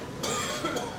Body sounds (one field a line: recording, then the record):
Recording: coughing mixed with background sound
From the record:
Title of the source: Mid-morning Winter Coughing Fit